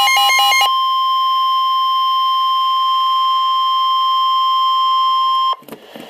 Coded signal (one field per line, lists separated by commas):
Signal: Emergency Alert System (SAME) tones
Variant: 1050 Hz attention tone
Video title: (DOUBLE HEADER) 8/15/2015: River Flood Warnings (EAS #17-18)